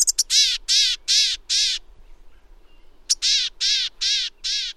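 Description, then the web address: Chickadee call: a few short high notes followed by four buzzy, harmonic 'dee' notes, the whole call given twice with a pause between. "Birdnote. Chickadee Line up"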